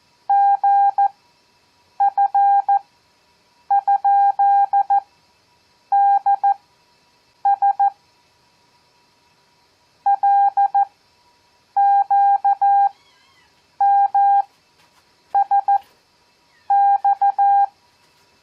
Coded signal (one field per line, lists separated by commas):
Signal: Morse code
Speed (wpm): 14 wpm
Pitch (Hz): 800 Hz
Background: none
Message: GF?DS LQMSX